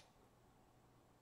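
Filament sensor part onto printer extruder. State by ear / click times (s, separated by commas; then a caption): not seated / none. A small plastic filament sensor part is pushed onto the extruder assembly of a Prusa i3 MK3 3D printer, with only a steady, quiet background hiss and no distinct sharp sound throughout. The part has not clicked into place, as it may not be pushed in all the way.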